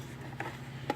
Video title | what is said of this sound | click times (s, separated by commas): 2003 Ford Excursion fuel pump replacement | push it up till it snaps on these clips that are on the side now | 0.4 s, 0.9 s